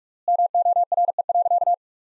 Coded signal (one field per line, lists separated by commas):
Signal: Morse code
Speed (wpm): 46 wpm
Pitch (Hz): 700 Hz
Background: none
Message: MORE.